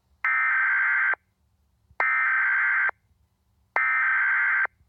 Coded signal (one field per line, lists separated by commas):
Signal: Emergency Alert System (SAME) tones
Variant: header bursts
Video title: EAS Alien Spacecrafts